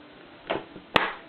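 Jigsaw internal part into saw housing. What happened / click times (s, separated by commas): A housing part snapped into place / 1.0 s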